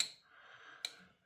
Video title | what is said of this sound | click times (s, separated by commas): YangGe YG005 (Rihe Designs) Unboxing/Review | d10 is good you can hear it clicking in there | 0.0 s, 0.9 s